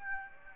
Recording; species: mosquito wingbeat signal from an infrared sensor; Aedes aegypti